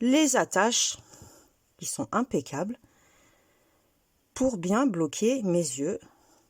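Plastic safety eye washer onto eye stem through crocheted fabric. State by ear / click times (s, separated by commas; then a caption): not seated / none. Someone talks while the washer of a plastic safety eye is handled onto the eye stem through the crocheted fabric of a toy, to lock the eye firmly in place. Speech fills most of the clip, with quiet stretches around 1.5 s and from 3 to 4.3 s. Nothing has clicked or seated yet.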